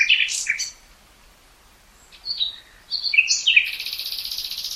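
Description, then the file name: Common nightingale song: a burst of varied chirped notes, a pause, then richer phrases ending in a fast, even high trill. "Luscinia megarhynchos"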